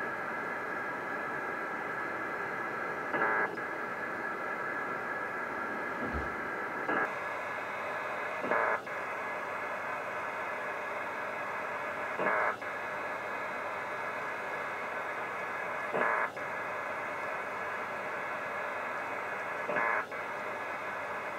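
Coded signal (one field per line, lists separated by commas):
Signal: HF data modem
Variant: PACTOR 4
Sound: continuous rushing data hiss with short louder bursts about every four seconds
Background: radio static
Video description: data transmission on shortwave radio with PACTOR level 4 modem SCS P4dragon DR7800 and ICOM 7600 radio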